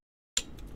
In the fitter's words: there we go that's second click and now you can hold these mics uh